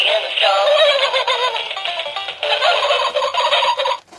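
Turkey gobbling: a loud, rapid, rattling gobble runs almost without pause, breaking briefly midway before resuming and then cutting off.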